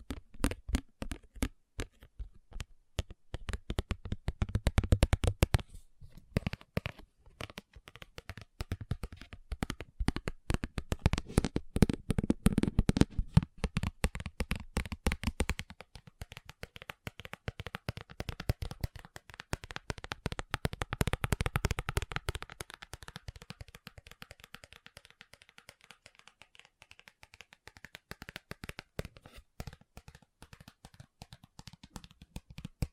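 Fast tapping runs throughout as dense, rapid clicks, loudest in bursts around 5, 12 and 21 seconds and easing to lighter, sparser taps after about 23 seconds. The taps have a crisp, shuffling quality like fingers riffling cards, with a faint low tone underneath.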